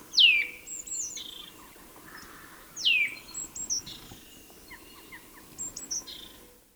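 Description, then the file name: Eurasian nuthatch: two bright downslurred whistles about three seconds apart, with softer chirps and twitters around them. "Sitta europaea"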